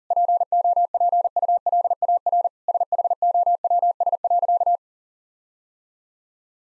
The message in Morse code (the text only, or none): POPULAR SHOWS.